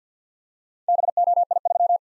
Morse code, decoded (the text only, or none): BOI3